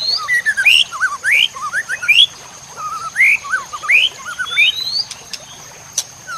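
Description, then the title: White-rumped shama giving bright rising whistles in several short phrases, with soft lower notes between and a few clicks near the end. Training recording for cage birds. "MASTERAN MURAI BATU LABAIK"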